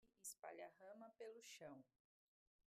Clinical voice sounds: short text; Brazilian Portuguese; female; 30 to 39 years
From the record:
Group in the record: control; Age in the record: 34 years

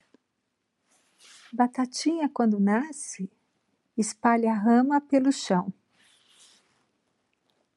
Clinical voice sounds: short text; Brazilian Portuguese; female; 50 to 59 years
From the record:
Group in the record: control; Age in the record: 55 years

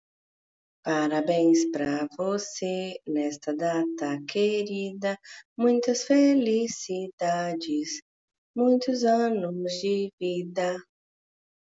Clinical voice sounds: short text; Brazilian Portuguese; female; 30 to 39 years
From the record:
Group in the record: control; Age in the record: 37 years

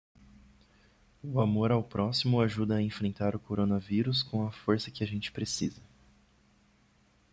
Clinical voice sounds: spoken sentence; Brazilian Portuguese; male; 20 to 29 years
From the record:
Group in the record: control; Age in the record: 29 years

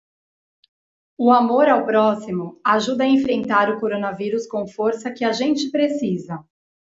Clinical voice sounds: spoken sentence; Brazilian Portuguese; female; 40 to 49 years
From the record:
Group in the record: control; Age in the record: 42 years

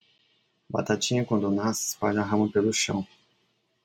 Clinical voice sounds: short text; Brazilian Portuguese; male; 40 to 49 years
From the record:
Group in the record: control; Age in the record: 44 years

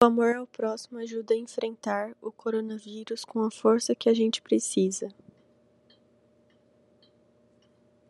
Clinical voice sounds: spoken sentence; Brazilian Portuguese; female; 20 to 29 years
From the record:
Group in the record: control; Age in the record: 21 years

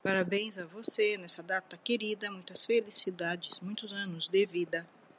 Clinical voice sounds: short text; Brazilian Portuguese; female; 40 to 49 years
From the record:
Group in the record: control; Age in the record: 48 years

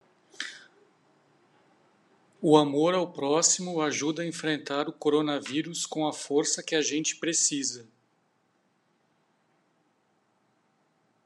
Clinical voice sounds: spoken sentence; Brazilian Portuguese; male; 40 to 49 years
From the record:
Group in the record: control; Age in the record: 48 years

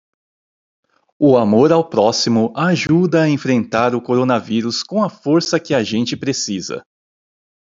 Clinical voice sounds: spoken sentence; Brazilian Portuguese; male; 40 to 49 years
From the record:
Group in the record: control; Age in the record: 49 years

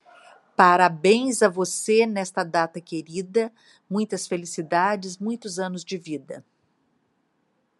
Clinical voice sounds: short text; Brazilian Portuguese; female; 60 to 69 years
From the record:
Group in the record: control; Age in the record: 60 years

